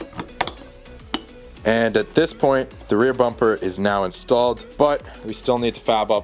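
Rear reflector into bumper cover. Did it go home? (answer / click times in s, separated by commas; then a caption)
yes / 0.4 s, 1.1 s. Plastic rear reflectors are pushed into their openings in a plastic rear bumper cover during an M3-style conversion, and two sharp snaps ring out at 0.4 s and 1.1 s as they pop into place. After the snaps, someone talks over background music. The reflectors are seated.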